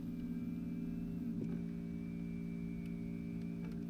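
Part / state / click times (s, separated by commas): 12V socket or plug into the rear socket housing of a van / not seated / none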